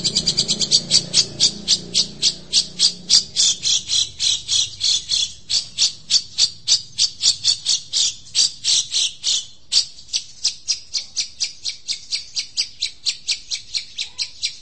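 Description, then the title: Long-tailed shrike song: a fast, steady run of harsh, high chattering notes, about three to four each second, continuing throughout with little change. Champion singing bird. "Kicau Burung Cendet Juara"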